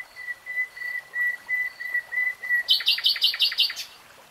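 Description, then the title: Nightingale song: soft pure whistles repeated slowly and swelling, then a loud rapid rattle of hard repeated notes. Nightingale singing in real time. "[Tiếng chim hót] Nightingale Singing"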